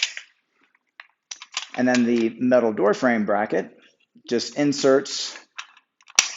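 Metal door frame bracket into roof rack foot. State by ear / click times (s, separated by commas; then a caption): seated / 6.2 s. A metal door frame bracket is inserted into the foot of a Thule Evo Clamp roof rack with WingBar Evo crossbars for a 2017+ Volvo S90 4-door sedan. Someone talks over a few soft handling taps. A sharp click at 6.2 s marks the bracket seating into the foot assembly.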